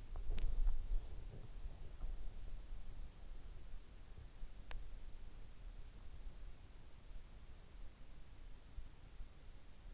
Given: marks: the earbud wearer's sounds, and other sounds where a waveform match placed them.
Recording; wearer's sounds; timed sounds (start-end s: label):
sounds in sleep by an in-ear microphone; swallowing
0.00-1.22 s: swallowing